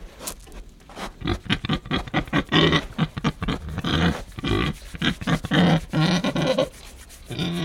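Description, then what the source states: Tamworth pig grunting in many short low bursts amid crackling chewing and rustling noises. Tamworth pigs grunting and breathing while eating.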